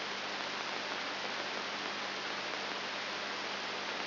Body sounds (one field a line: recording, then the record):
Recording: brain microelectrode recording played as sound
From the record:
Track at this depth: inside the subthalamic nucleus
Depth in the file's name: 3.701 mm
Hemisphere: left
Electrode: 3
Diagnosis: Parkinson's disease